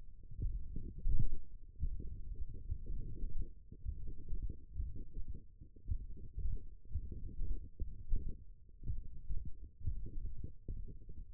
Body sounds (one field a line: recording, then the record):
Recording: forearm muscle sounds (acoustic myography)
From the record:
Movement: finger pinch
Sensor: system 1, eight BSWA MPA416 microphones around the upper forearm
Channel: 3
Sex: male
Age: 21 years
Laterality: right